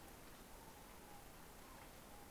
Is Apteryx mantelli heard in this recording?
no